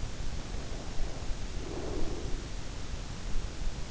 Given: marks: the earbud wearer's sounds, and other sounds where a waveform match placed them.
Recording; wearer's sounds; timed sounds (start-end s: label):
sounds in sleep by an in-ear microphone; breath
0.31-3.00 s: breath